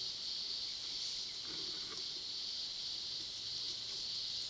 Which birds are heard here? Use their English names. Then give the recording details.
none. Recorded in pastures near Puerto Asís, Putumayo, Colombia, on 20 February 2024 at 14:00. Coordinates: 0.497, -76.327. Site G7276